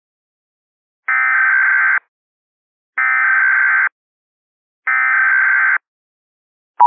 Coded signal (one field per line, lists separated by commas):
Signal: Emergency Alert System (SAME) tones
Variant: header bursts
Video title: EAS Scenario - Ashes to Ashes